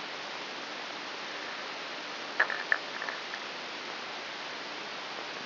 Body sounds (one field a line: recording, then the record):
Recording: brain microelectrode recording played as sound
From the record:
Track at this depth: inside the subthalamic nucleus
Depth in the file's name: 5.401 mm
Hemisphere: right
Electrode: 3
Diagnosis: Parkinson's disease